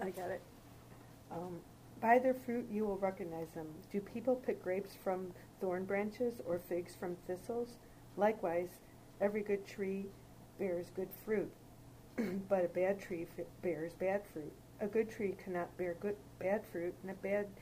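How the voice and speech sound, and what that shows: A woman reads Matthew 7:16–20 aloud in a small room at a steady, measured pace, with brief pauses between phrases. Her voice is clear and mid-pitched, with one small word slip that she carries on past. This is ordinary, fluent adult speech.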